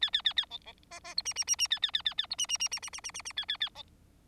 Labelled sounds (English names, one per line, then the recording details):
Bengalese Finch song
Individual Bird4